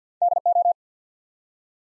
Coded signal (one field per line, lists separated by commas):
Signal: Morse code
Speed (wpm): 50 wpm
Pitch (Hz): 700 Hz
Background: none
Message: DO